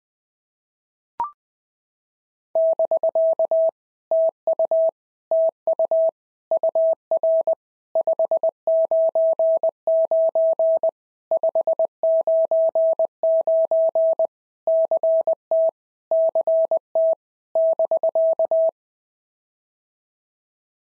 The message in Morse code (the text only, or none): <BK> TU TU UR 599 599 CT CT <BK>